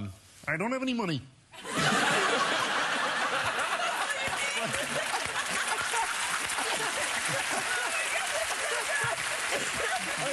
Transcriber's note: laughter and applause